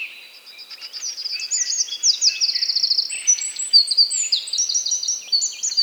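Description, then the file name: Eurasian wren song, a loud rapid cascade of high trills and chattering notes, pulsed phrases rising and falling between high pitches, sustained for several seconds. "Troglodytes troglodytes"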